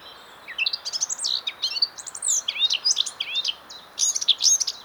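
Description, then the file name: Eurasian blackcap warbling song, a dense stream of quick slurred chirps with a brief pause before a final burst of notes. "Sylvia atricapilla"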